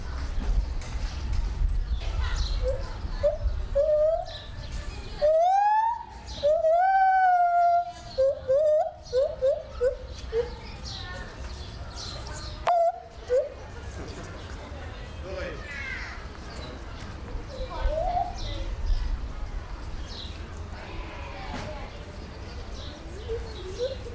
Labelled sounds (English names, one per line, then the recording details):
Lar Gibbon
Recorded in captivity
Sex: male
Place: Zoo Berlin, Berlin, DE
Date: 1996-04-06 13:24
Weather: heiter, 10 - 16 °C
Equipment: Sony MD-WM MZ-R3, Sennheiser MKH 416 T, Kopie Uher 4000 Report Monitor
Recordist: Tembrock, Günter